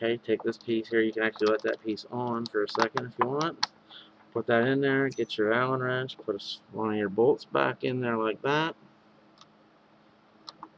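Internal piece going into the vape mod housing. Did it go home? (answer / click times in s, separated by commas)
yes / 10.5 s, 10.6 s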